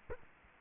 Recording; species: mosquito wingbeat signal from an infrared sensor; Culex quinquefasciatus